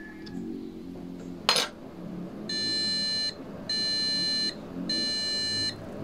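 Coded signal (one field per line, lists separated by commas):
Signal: beep code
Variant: PC motherboard POST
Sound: a click, then repeated long buzzy beeps, three heard, evenly spaced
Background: room hum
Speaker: Ah ilipat natin sa ibang slot. Ah try ulit natin.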